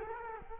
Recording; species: mosquito wingbeat signal from an infrared sensor; Culex quinquefasciatus